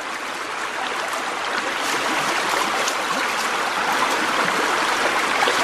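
Steady rushing of flowing river water, a dense unbroken hiss with faint bubbling textures, holding an even, moderately loud level throughout with no voices.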